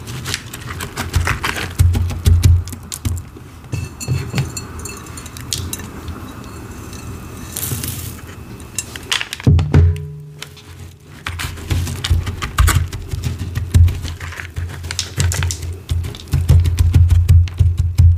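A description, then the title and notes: Soap curls are crushed in a glass bowl, making dense crackling and crunching with quick clicks like typing. Strong low thumps recur through most of the clip, with a softer, quieter stretch around the middle before the crunching picks up again. Crushing Soap Curls in a Glass Bowl.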